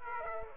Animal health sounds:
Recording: mosquito wingbeat signal from an infrared sensor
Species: Aedes aegypti

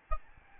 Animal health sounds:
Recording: mosquito wingbeat signal from an infrared sensor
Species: Aedes albopictus

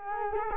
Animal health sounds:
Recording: mosquito wingbeat signal from an infrared sensor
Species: Culex quinquefasciatus

